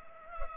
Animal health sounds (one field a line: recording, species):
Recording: mosquito wingbeat signal from an infrared sensor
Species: Culex pipiens